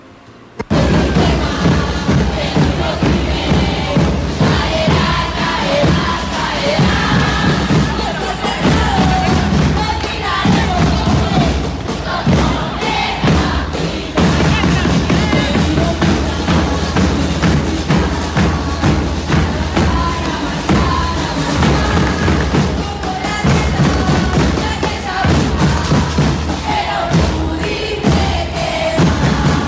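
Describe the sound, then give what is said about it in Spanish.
The protest song Bella Ciao plays loudly and continuously for about half a minute on a radio programme, a dense full mix with heavy, steady thumping percussion running underneath. “Vamos a escuchar Bella Ciao.”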